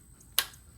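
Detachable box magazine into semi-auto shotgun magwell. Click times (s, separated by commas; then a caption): 0.4 s. A detachable box magazine is pushed fully into a semi-auto shotgun's magwell, then pulled back until it catches on the magazine latch. A faint tick at 0.2 s comes before one sharp, bright click at 0.4 s that quickly fades. The magazine is seated and locked in position.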